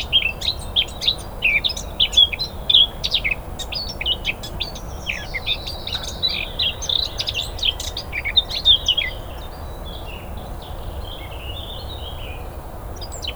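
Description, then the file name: Eurasian blackcap song, a lively warbled phrase of rapid chirps that trails into softer, sliding notes. "Sylvia atricapilla"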